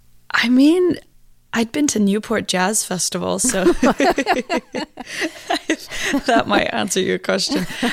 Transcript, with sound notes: I mean, I'd been to Newport Jazz Festival, so...
(LAUGHTER)
That might answer your question.